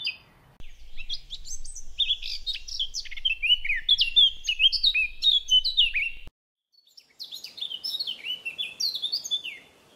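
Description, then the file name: Eurasian blackcap song: rapid, varied warbling phrases of sweet whistles and scratchy notes, high-pitched, with a short pause before another burst. "chant fauvette a tete noire sylvia atricapilla"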